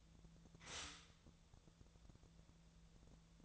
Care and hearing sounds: daily activity, microphone in the room; stop toaster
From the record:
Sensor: 3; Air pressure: 1000.2 hPa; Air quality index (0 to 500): 156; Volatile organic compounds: 3 ppm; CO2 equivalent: 1372 ppm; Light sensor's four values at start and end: 37/94/39/43 and 37/94/39/43

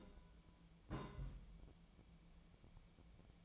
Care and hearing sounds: daily activity, microphone in the room; place on stove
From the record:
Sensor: 1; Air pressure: 1010.0 hPa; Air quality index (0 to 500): 187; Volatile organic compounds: 17 ppm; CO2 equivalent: 2574 ppm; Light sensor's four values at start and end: 37/95/40/49 and 38/96/40/49

